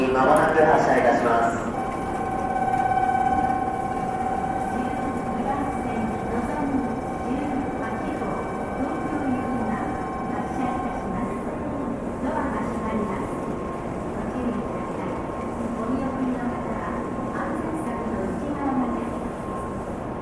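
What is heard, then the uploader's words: A busy train station in Japan: a steady wash of crowd murmur and train rumble runs throughout. A bright chirping signal opens the clip, then a long sustained electronic tone holds from about two to eleven seconds, with a fainter tone continuing after. TRAIN STATION IN JAPAN AMBIENCE.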